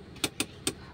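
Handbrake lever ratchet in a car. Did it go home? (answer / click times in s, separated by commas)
yes / 0.2 s, 0.4 s, 0.7 s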